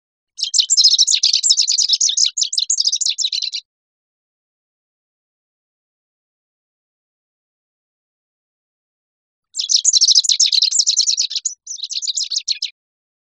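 Rufous-crowned sparrow making fast, high twittering chatter in two spells about six seconds apart; the second spell breaks briefly before a short final flurry.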